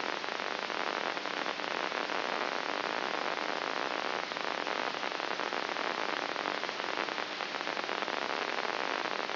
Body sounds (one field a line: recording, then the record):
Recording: brain microelectrode recording played as sound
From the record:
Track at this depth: inside the subthalamic nucleus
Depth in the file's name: 5.04 mm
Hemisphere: right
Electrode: 3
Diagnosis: Parkinson's disease